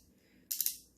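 The plastic layer, disc and performance tip of a Beyblade Burst Cho-Z Spriggan spinning top from a Cho-Z Customize Set are twisted together over a quiet background. A sharp snap at 0.5 s marks the parts locking into place, followed by two quick plastic ticks at 0.6 s and 0.7 s. The top is seated and fully assembled.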